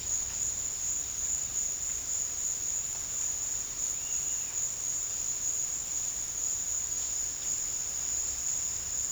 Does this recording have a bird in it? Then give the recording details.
yes. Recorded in dense forest near Puerto Asís, Putumayo, Colombia, on 8 March 2025 at 15:30. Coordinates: 0.484, -76.325. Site G045